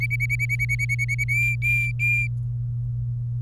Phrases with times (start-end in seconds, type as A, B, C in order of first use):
0.01-1.24 A, 1.28-2.27 B